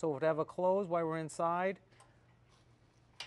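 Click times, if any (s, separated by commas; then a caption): 3.2 s. A safety pin is installed to hold open the engine compartment door of a D-Series skid steer. Someone talks for about the first 1.8 seconds, then a single sharp metallic click at 3.2 s marks the pin locking into place. The door is secured open.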